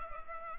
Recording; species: mosquito wingbeat signal from an infrared sensor; Culex pipiens